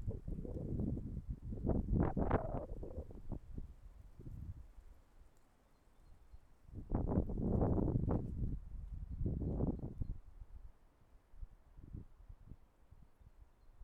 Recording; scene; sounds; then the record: everyday scene through a hearing-aid microphone; wind on the microphone; wind, traffic, birds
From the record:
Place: suburban garden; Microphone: behind the ear, left, front